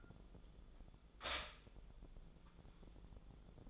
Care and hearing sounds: daily activity, microphone in the room; stop toaster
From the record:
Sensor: 5

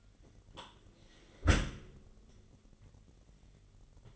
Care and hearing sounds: daily activity, microphone in the room; close dishwasher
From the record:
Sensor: 4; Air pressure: 999.1 hPa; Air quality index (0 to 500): 122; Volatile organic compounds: 2 ppm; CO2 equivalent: 1198 ppm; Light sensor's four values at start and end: 8/18/7/8 and 8/19/7/8

